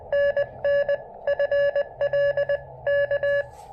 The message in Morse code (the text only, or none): NN FL K